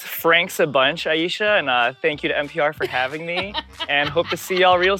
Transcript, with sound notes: Franks a bunch, Ayesha. And thank you to NPR for having me. (Laughter) And hope to see you all real soon.